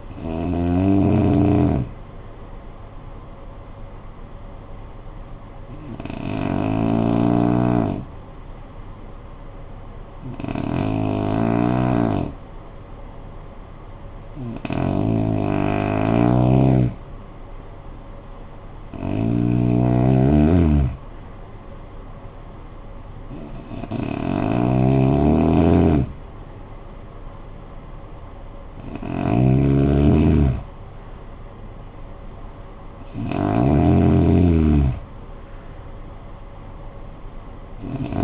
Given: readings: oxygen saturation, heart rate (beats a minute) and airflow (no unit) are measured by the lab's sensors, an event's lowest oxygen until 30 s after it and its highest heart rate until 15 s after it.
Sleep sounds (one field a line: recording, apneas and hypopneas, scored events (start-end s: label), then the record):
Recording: breathing in sleep by a smartphone at the bedside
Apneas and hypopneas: 1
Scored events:
4.00-20.50 s: hypopnea (REM, oxygen 96% highest, then 90% lowest, heart rate 52 at the start, 64 highest)
From the record:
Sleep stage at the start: REM sleep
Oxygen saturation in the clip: 90 to 96%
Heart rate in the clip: 52 to 64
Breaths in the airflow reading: 8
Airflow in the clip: -13.6 to 13.3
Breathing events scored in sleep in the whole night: 445 in 7.6 hours asleep